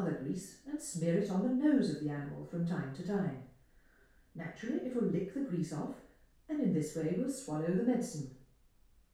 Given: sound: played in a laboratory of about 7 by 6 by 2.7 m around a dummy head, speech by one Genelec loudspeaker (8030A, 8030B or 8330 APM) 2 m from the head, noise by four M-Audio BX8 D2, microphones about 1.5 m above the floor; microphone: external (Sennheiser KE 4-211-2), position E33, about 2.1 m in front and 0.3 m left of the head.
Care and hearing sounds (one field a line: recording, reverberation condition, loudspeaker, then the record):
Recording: female speech in English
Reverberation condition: medium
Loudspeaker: 60 degrees to the right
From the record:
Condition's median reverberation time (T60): about 510 ms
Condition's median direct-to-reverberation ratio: about -0.5 dB